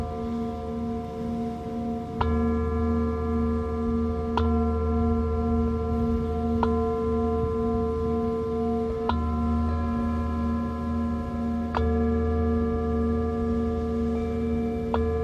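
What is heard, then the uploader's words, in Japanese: A singing bowl rings steadily, struck again about every two to three seconds, each strike adding a bright ping over the sustained, layered tones. A low, rough rumble runs underneath throughout, swelling slightly with each strike. メキシコのビーチにて満月と新月に大体合わせて地道の方達と集っています。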